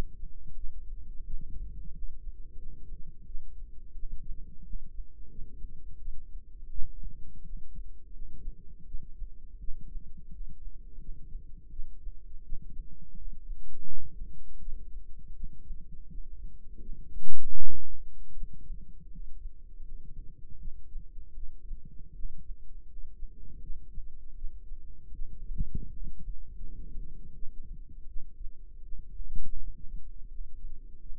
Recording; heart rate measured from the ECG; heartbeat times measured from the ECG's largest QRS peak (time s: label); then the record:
heart sounds by microphone in the right ear; 83 bpm
0.53 s: heartbeat
1.23 s: heartbeat
1.91 s: heartbeat
2.55 s: heartbeat
3.24 s: heartbeat
3.92 s: heartbeat
4.62 s: heartbeat
5.28 s: heartbeat
5.97 s: heartbeat
6.68 s: heartbeat
7.42 s: heartbeat
8.11 s: heartbeat
8.84 s: heartbeat
9.57 s: heartbeat
10.29 s: heartbeat
10.97 s: heartbeat
11.68 s: heartbeat
12.41 s: heartbeat
13.14 s: heartbeat
13.84 s: heartbeat
14.57 s: heartbeat
15.32 s: heartbeat
16.06 s: heartbeat
16.78 s: heartbeat
17.53 s: heartbeat
18.31 s: heartbeat
19.08 s: heartbeat
19.80 s: heartbeat
20.56 s: heartbeat
21.32 s: heartbeat
22.12 s: heartbeat
22.85 s: heartbeat
23.58 s: heartbeat
24.33 s: heartbeat
25.11 s: heartbeat
25.88 s: heartbeat
26.60 s: heartbeat
27.31 s: heartbeat
28.05 s: heartbeat
28.81 s: heartbeat
29.56 s: heartbeat
30.26 s: heartbeat
30.98 s: heartbeat
From the record:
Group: healthy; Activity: rest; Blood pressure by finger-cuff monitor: 106/60 mmHg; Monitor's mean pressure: 77 mmHg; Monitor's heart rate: 83 bpm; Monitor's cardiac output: 7.4 L/min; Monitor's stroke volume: 90 mL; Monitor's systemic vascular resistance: 760 dyn s/cm5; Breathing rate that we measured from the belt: 20 breaths a minute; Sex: female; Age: 26 years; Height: 165 cm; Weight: 55 kg